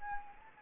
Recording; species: mosquito wingbeat signal from an infrared sensor; Anopheles gambiae